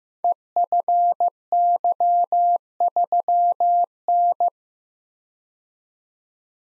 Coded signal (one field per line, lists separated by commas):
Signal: Morse code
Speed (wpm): 15 wpm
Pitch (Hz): 700 Hz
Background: none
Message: EFY3N